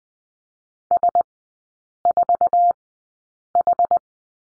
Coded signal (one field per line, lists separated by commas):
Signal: Morse code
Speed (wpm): 20 wpm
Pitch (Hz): 700 Hz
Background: none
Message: S4H